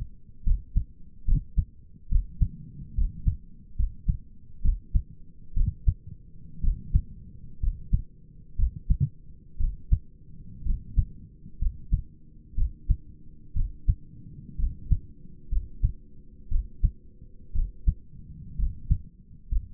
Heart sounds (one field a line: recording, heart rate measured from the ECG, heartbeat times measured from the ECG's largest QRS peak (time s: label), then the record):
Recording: heart sounds by stethoscope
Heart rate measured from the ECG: 63 bpm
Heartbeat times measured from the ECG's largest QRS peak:
0.46 s: heartbeat
1.27 s: heartbeat
2.11 s: heartbeat
2.97 s: heartbeat
3.78 s: heartbeat
4.64 s: heartbeat
5.56 s: heartbeat
6.63 s: heartbeat
7.62 s: heartbeat
8.58 s: heartbeat
9.60 s: heartbeat
10.65 s: heartbeat
11.61 s: heartbeat
12.57 s: heartbeat
13.56 s: heartbeat
14.59 s: heartbeat
15.51 s: heartbeat
16.51 s: heartbeat
17.55 s: heartbeat
18.58 s: heartbeat
19.51 s: heartbeat
From the record:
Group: healthy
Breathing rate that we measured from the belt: 15 breaths a minute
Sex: male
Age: 22 years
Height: 181 cm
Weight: 79 kg